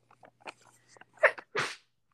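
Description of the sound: A single adult sneeze with an animal-like sound: a short voiced intake builds into one loud, explosive, hissing burst lasting about a quarter second. Faint conversational murmurs come just before it.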